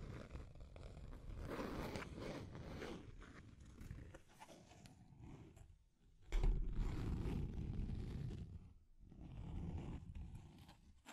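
Deep scratching rasps along in long, rough strokes, dense and mostly low with a gritty upper edge. The scraping runs steadily for the first few seconds, thins and pauses near six seconds, then resumes with a sudden heavy burst before another brief break near nine.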